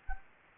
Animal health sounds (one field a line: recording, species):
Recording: mosquito wingbeat signal from an infrared sensor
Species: Anopheles gambiae